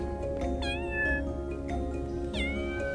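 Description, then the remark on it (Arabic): A white cat with thick, soft fur, just come out of a box, meows a few times, drawn-out high-pitched cries with bending tones, over a steady low hum. No one speaks. “خرج من الصندوق هر أبيض بوبر كثيف ناعم، فتوقف كل من أدهم وكريمة عن الحركة في دهشة.”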